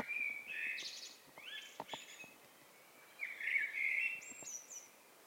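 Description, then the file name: Eurasian blackbird song: the squeaky end of one phrase, a pause with faint clicks, then a fresh low fluty warble rising into thin high notes. "Turdus merula"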